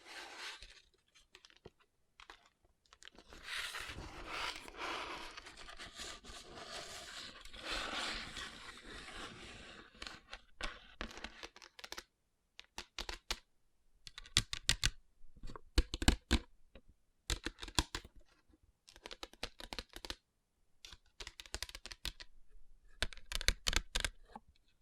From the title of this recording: Tapping & Rubbing Rhinestone Covered Palms